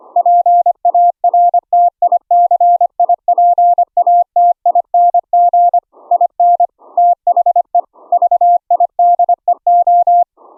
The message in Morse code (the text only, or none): PARTICIPATING IN THE VIDEO